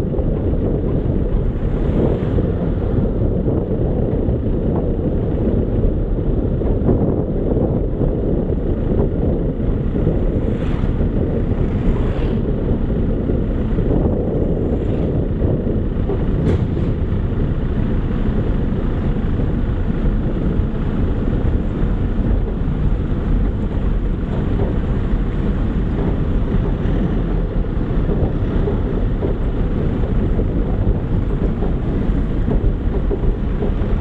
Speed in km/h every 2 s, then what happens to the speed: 28, 28, 28, 26, 26, 26, 24, 21, 20, 18, 16, 15, 15, 16, 16, 13, 12.
0-10 steady at about 26. 10-21 slows to 15. 21-34 steady at about 15.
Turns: none.